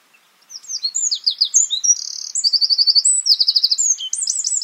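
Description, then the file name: Eurasian wren singing a fast, high-pitched run of tinkling notes and quick rattling trills without a break. "Troglodytes troglodytes"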